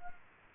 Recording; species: mosquito wingbeat signal from an infrared sensor; Culex quinquefasciatus